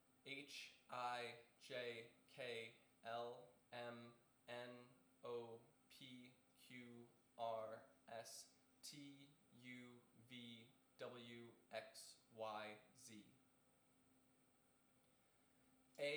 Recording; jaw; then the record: letters of the alphabet, spoken; free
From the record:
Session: seven days later